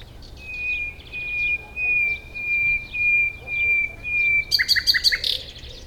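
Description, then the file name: Common nightingale song: a slow series of pure, level whistled notes, then a quick burst of rapid, rattling notes. "Luscinia megarhynchos"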